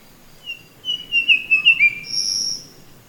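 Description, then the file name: Verditer flycatcher song, a run of sweet whistled notes sliding around the middle-high range, followed by a higher drawn-out whistle, over faint background hiss. "sikatan biru muda"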